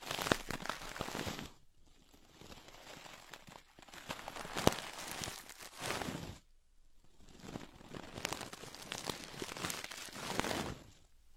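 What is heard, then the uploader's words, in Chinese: Ear picking: dense crackling and rustling scrapes come in bursts, with short near-silent gaps around 2, 6 and 9 seconds. The scratching is bright and crinkly, rising and falling irregularly, with a few sharper clicks, one standing out near 4.5 seconds. 姐姐抠耳朵催眠13（声控助眠）。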